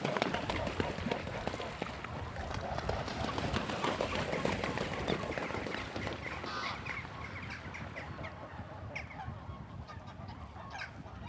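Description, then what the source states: Swans passing, a rapid throbbing rhythm like beating wings over a broad rushing noise. Swans flying by.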